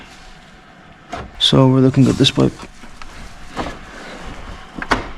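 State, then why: Seated. On a 2016 BMW 428i xDrive with an N20/N26 turbo swap, someone talks while a turbo charge pipe is pushed by hand onto its coupling on the engine in the bay. The quick-connect snaps home with two sharp clicks at 4.8 and 4.9 s, and the pipe is seated.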